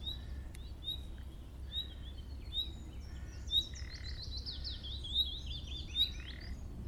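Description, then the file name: Common nightingale giving short upslurred whistled notes, repeated roughly every second, while a busier twittering song runs through the second half over a low rumble. "Luscinia megarhynchos"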